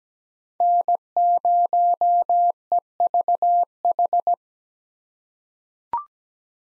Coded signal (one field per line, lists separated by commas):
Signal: Morse code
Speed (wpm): 17 wpm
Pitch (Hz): 700 Hz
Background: none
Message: N0EVH